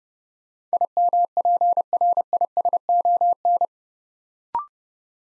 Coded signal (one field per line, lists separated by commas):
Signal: Morse code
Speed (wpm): 30 wpm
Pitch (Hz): 700 Hz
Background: none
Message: IMPRISON